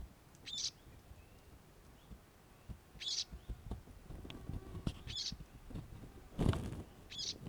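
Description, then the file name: Eurasian blackcap calls: four short, hard ticking notes repeated every two seconds or so, with a dull thump and low background noise. "Sylvia atricapilla"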